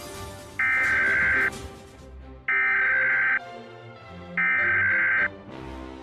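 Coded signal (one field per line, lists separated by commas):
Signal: Emergency Alert System (SAME) tones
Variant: header bursts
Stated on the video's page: Fictional practice EAS scenario, not a real emergency.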